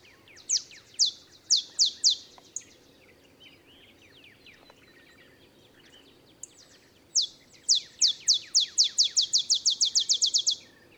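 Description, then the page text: Olive sparrow song: a slow run of high falling chips, a quiet pause with soft twitters, then a longer series accelerating into a rapid bouncing trill. Singing in early morning in Texas, about 50 miles north of the Mexican border; simple songs resembling a bouncing-ball pattern. "Birdsong for the Curious Naturalist. Olive sparrow"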